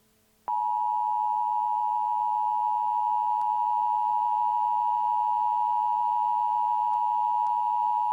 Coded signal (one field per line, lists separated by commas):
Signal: Emergency Alert System (SAME) tones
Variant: 853 and 960 Hz attention tone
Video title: EAS Scenario #1 - Nature's Wrath